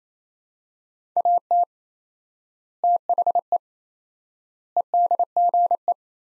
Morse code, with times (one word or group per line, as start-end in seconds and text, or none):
1.2-1.6 AT
2.8-3.6 THE
4.8-5.9 EDGE